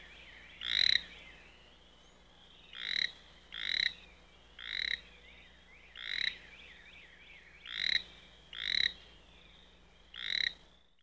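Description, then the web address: Frog giving loud, rasping croaks every one to two seconds, sometimes in quick pairs, over a quiet low hum. "лягушки"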